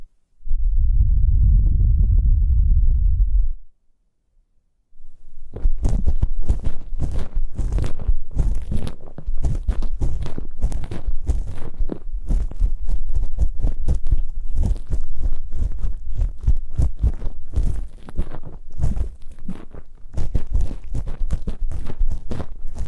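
Ear picking: a low muffled rumble for the first few seconds, a brief silence, then dense crackling scratches and crunches continuing steadily.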